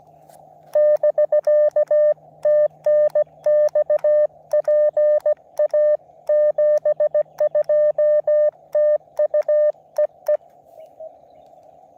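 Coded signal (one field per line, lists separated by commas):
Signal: Morse code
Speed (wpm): 17 wpm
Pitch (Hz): 590 Hz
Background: none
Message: <BK> TNX PA 72 TU EE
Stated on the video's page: Parks on the Air activation from Joe Budd WMA in Florida.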